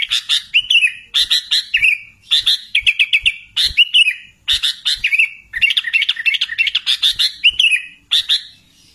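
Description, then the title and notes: Sooty-headed bulbul song of lively, warbling whistled phrases delivered in clusters with brief gaps, steady throughout. "Kicau Burung Kutilang"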